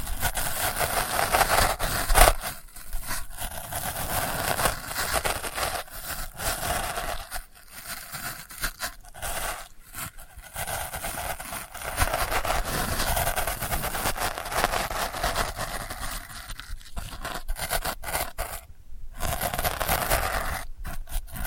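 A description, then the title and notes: Delicate scratching goes on almost without pause, a dense, bright rasping broken by brief gaps, with a sharper scrape just after two seconds. ASMR Delicate Scratching for Sleep (No Talking).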